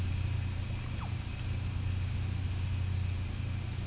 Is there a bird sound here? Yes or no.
no